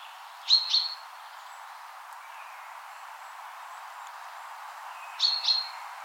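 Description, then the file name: Common chaffinch giving a pair of short high chirps, then quiet for about four seconds before a second pair; soft steady background hiss throughout. "Fringilla coelebs"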